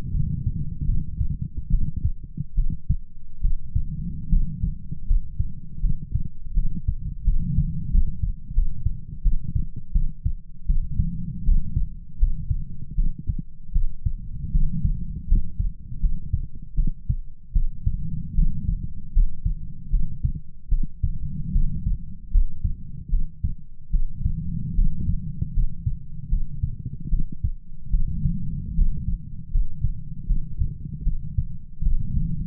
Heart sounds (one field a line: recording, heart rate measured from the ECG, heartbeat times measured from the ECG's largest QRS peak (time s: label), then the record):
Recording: heart sounds by stethoscope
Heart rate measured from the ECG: 78 bpm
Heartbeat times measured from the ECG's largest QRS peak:
0.10 s: heartbeat
0.84 s: heartbeat
1.69 s: heartbeat
2.54 s: heartbeat
3.40 s: heartbeat
4.28 s: heartbeat
5.05 s: heartbeat
5.79 s: heartbeat
6.53 s: heartbeat
7.23 s: heartbeat
7.90 s: heartbeat
8.53 s: heartbeat
9.21 s: heartbeat
9.91 s: heartbeat
10.65 s: heartbeat
11.43 s: heartbeat
12.17 s: heartbeat
12.94 s: heartbeat
13.71 s: heartbeat
14.50 s: heartbeat
15.26 s: heartbeat
15.99 s: heartbeat
16.74 s: heartbeat
17.52 s: heartbeat
18.34 s: heartbeat
19.11 s: heartbeat
19.89 s: heartbeat
20.68 s: heartbeat
21.51 s: heartbeat
22.30 s: heartbeat
23.08 s: heartbeat
23.90 s: heartbeat
24.74 s: heartbeat
25.52 s: heartbeat
26.28 s: heartbeat
27.08 s: heartbeat
27.90 s: heartbeat
28.74 s: heartbeat
29.50 s: heartbeat
30.25 s: heartbeat
31.02 s: heartbeat
31.82 s: heartbeat
From the record:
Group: healthy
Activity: rest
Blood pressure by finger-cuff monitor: 104/59 mmHg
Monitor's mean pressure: 75 mmHg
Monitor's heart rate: 78 bpm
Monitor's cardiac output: 7 L/min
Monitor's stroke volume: 91 mL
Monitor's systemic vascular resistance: 760 dyn s/cm5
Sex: female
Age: 26 years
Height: 165 cm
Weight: 55 kg